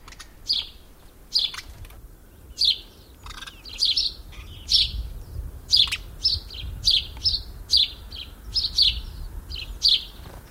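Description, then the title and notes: House sparrow calls, sharp chirps spaced at first, then a quicker steady run of cheeps toward the end, over a low background rumble. "Viikon luontoääni: Varpunen. Juha Laaksonen"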